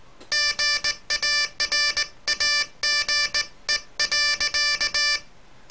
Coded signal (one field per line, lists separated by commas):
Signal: Morse code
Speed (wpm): 19 wpm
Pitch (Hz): 1750 Hz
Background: none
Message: GARAGE.